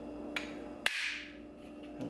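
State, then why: Seated. On a C8 Corvette center console, a plastic shifter button assembly is lined up and pressed into the shifter housing. A light tap at 0.4 s is followed by a sharp snap at 0.9 s with a brief bright ring afterward. The assembly snaps into place and is seated.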